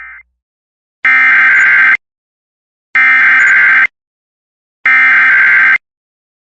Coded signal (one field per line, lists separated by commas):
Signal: Emergency Alert System (SAME) tones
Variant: header bursts